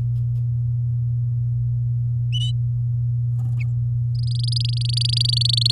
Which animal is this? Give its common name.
Domestic Canary